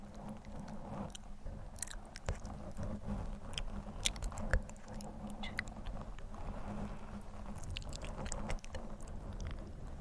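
Scratching on a microphone mixed with wet, chewing-like mouth sounds. A steady low rumble runs underneath irregular sharp clicks and crackles, with louder snaps near two seconds, around four to four and a half seconds, and again near eight and a half.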